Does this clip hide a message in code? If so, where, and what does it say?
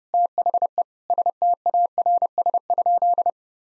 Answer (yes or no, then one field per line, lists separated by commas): yes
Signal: Morse code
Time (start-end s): 0.1-3.3 s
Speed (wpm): 30 wpm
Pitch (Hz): 700 Hz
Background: none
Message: THE STARS?